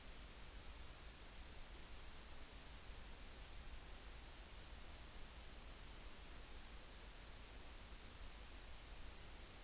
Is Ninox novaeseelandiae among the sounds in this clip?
no